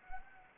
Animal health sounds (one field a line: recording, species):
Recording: mosquito wingbeat signal from an infrared sensor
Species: Anopheles arabiensis